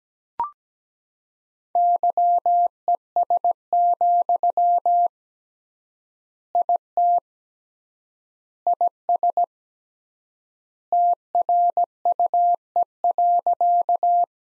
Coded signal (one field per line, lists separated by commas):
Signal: Morse code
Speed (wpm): 17 wpm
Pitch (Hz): 700 Hz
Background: none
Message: YES, IT IS TRUE.